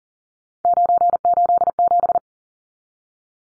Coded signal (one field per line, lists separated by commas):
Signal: Morse code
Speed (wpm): 40 wpm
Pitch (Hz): 700 Hz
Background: none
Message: 987